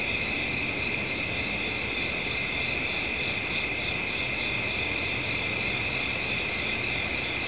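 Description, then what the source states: Crickets trilling continuously in overlapping high bands, an even pulsing drone that never pauses, backed by a broad rushing noise. Crickets recorded at night.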